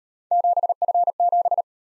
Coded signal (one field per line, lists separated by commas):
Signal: Morse code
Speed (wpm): 36 wpm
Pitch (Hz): 700 Hz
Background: none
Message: 7F7